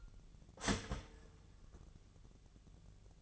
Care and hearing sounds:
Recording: daily activity, microphone in the room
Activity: start toaster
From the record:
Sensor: 4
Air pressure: 1001.1 hPa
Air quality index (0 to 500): 167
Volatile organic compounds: 2 ppm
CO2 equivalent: 1214 ppm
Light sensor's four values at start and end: 19/44/18/19 and 19/44/19/19

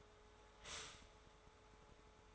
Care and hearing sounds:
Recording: daily activity, microphone in the room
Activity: stop toaster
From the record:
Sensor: 3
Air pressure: 1014.7 hPa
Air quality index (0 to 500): 200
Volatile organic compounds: 26 ppm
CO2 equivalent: 2856 ppm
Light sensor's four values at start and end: 4/10/4/4 and 4/10/4/4

